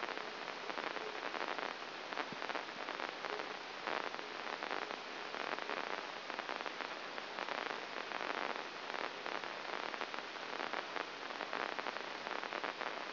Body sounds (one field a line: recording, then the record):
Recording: brain microelectrode recording played as sound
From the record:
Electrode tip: inside the subthalamic nucleus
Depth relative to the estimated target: -2 mm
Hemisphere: right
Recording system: AlphaMap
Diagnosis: Parkinson's disease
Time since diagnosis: 19 years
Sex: male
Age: 59 years